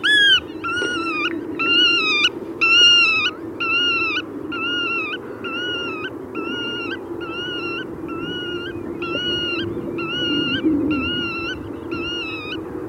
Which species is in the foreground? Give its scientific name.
Limosa limosa